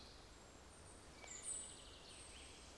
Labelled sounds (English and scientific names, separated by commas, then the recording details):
Common Chaffinch (Fringilla coelebs)
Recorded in Germany
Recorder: ecoPi